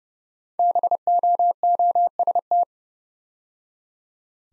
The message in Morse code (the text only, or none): BOOST